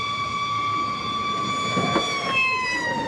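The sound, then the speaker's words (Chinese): A fire truck siren, as a fire engine with a ladder arrives to rescue a child, holds a loud, steady, high-pitched wail that sags slightly in pitch over a few seconds, with no voices over it. “消防车也来”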